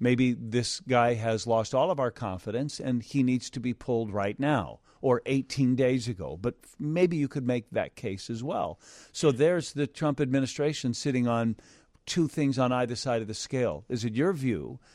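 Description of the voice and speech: A man speaks fluently at a moderate pace in a conversational, interview-like tone, with a mid-low pitch and brief natural pauses between phrases. His voice is clear and steady, with no hoarseness, stuttering or slurring.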